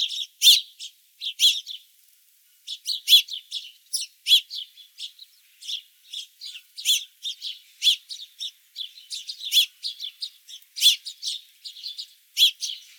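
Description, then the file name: House sparrow calls: a steady stream of bright, harsh chirps in quick irregular clusters, with a brief pause near the start, and no other clear sounds. "Passer domesticus"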